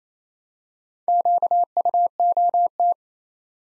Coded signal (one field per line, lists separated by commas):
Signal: Morse code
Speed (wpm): 28 wpm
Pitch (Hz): 700 Hz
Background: none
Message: QUOT